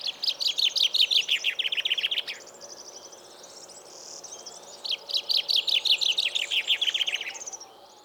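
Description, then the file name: Common chaffinch delivering two quick, descending, rattling song phrases with a short end flourish, separated by a pause with faint high notes. "Fringilla coelebs"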